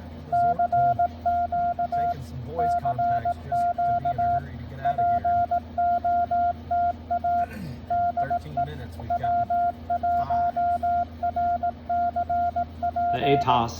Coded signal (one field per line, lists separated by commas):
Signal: Morse code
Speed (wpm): 18 wpm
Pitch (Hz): 700 Hz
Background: speech, radio noise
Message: CQ CQ POTA DE W1RCP